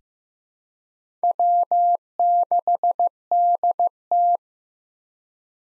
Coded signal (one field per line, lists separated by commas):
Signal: Morse code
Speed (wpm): 15 wpm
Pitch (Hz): 700 Hz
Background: none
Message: W6DT